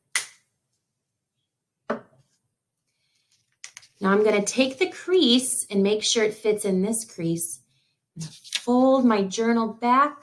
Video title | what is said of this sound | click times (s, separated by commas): Gluing a page in your journal | lid make sure you hear it click | 0.2 s